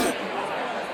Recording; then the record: coughing mixed with background sound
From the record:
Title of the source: 60 coughing still (deep and wet cough)